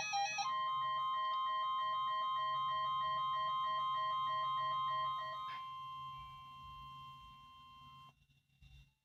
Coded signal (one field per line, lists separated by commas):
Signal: Emergency Alert System (SAME) tones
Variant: 1050 Hz attention tone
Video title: EAS 133 - Required Weekly Test